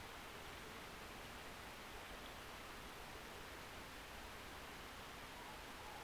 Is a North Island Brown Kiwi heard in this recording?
no